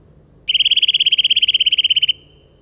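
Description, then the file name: Eurasian nuthatch giving one rapid trill of many high, evenly spaced notes, lasting under two seconds. "Sitta europaea"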